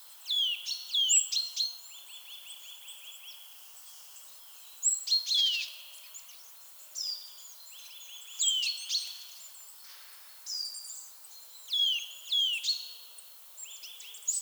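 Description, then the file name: Eurasian nuthatch calling busily: clusters of sharp high notes and falling whistles, repeated with short pauses between. "Sitta europaea"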